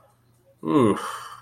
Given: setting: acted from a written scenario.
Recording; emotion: vocal sound without words; contentment